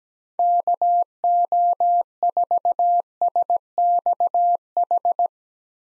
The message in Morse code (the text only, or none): KO4SXH